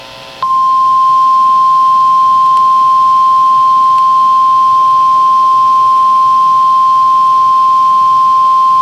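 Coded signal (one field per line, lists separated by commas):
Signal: Emergency Alert System (SAME) tones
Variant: 1050 Hz attention tone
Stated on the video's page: EAS tones from a Required Weekly Test and an out-of-county Severe Thunderstorm Warning.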